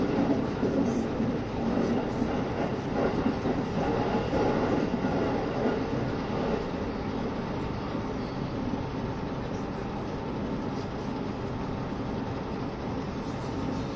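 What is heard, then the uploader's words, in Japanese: Running noise inside the KiHa 72 Yufuin no Mori train: a steady, dense low rumble and rattle of wheels, unchanging for the whole stretch. 配信は、JR九州キハ72系 ゆふいんの森06号02 うきは～博多です。走行音。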